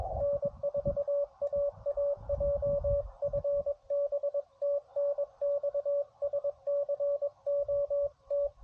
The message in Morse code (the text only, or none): N4AAJ FB TNX SCOT